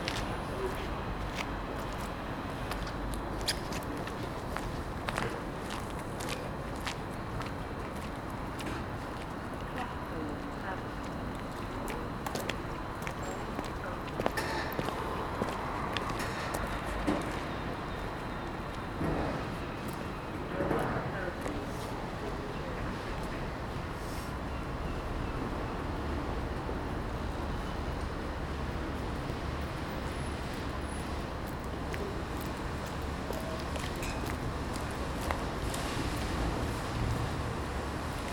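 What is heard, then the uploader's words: A train station platform in the early morning as commuters gather, with a steady murmur of voices and footsteps throughout. A low rumble of vehicles and machinery runs underneath, and scattered clicks and knocks stand out now and then, with slightly busier moments around fifteen and twenty seconds. Captured in the early morning on a cold and damp train station platform. Commuters are gradually filling up the platform in preparation to board trains to their place of work.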